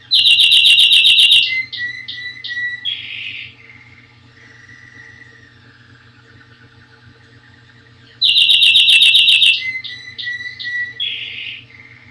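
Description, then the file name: Canary song: a loud, rapid buzzy trill followed by whistled notes and a lower warble, the phrase repeating after a quiet stretch of soft twittering. "Ni Gi D - Canary Singing"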